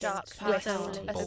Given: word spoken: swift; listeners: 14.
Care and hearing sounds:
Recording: one English word in noise, from a listening test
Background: four-talker babble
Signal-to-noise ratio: -2.5 dB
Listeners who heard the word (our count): 0 of 14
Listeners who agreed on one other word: 11 of 14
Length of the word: 0.87 s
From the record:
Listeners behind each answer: 11, 1, 1, 1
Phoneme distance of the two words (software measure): 44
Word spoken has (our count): 1 syllable, 5 phonemes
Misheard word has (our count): 1 syllable, 3 phonemes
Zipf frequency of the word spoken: 3.87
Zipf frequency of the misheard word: 4.94

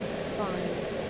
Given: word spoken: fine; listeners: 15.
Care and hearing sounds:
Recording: one English word in noise, from a listening test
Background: speech-shaped noise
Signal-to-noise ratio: -4.5 dB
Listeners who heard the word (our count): 5 of 15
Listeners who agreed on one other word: 8 of 15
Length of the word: 0.70 s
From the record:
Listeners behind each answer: 8, 5, 1, 1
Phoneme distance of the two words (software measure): 7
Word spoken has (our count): 1 syllable, 3 phonemes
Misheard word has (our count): 1 syllable, 4 phonemes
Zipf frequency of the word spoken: 5.44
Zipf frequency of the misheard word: 5.89

